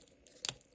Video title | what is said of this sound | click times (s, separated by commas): Luminox Pacific Diver vs Navy Seal – Luxury Dive Watch Comparison Review | Got a nice firm click down on that and plenty of room for adjustment on the strap and the actual clasp. | 0.4 s